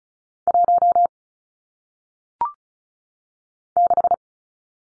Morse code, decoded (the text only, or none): 1 6